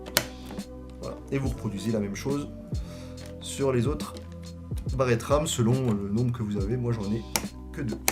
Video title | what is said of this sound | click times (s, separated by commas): Montage PC gamer 2020 | allez appuyer gentiment sans trop forcer jusqu'à entendre un petit clic et | 0.2 s